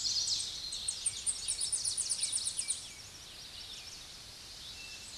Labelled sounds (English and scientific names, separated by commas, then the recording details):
Tennessee Warbler (Leiothlypis peregrina) song
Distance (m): 25 m
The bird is about 5 m above the microphone
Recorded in a Pennsylvania forest on 16 May 2024 at 06:25
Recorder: AudioMoth, point MSD-0661
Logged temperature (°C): 15.8 °C
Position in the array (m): 69 m, 91 m